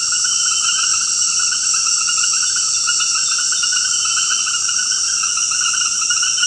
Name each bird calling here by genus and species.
none